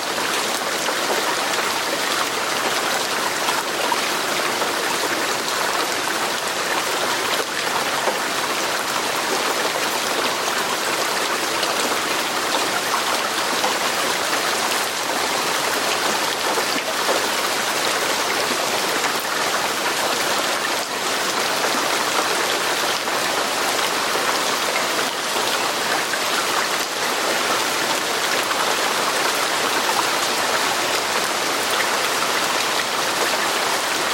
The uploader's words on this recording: AMBIENT RAIN SOUNDS.